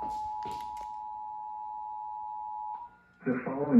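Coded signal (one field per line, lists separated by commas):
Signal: Emergency Alert System (SAME) tones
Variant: 853 and 960 Hz attention tone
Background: speech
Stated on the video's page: EAS alerts, mostly Severe Thunderstorm and some Tornado Warnings, from a line of nighttime storms, with the weather radio transmitter under routine maintenance.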